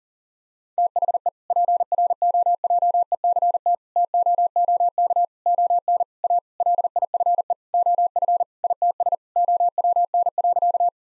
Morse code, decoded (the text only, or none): THE PROJECT TOOK ON A LIFE OF ITS OWN.